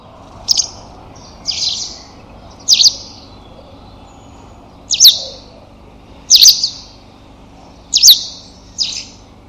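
Bird calls: sharp, high chip notes with a short buzzy tail, given singly or in pairs every second or two over a low steady hum.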